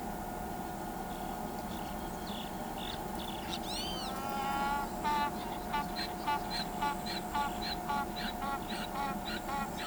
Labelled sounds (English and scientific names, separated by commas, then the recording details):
Roadside Hawk (Rupornis magnirostris)
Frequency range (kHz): Roadside Hawk (Rupornis magnirostris) 2.2-12.8 kHz
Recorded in pastures near Pivijay, Magdalena, Colombia, on 15 April 2023 at 06:30
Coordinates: 10.456, -74.369
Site P6-G026